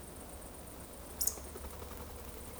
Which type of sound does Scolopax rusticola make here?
whistle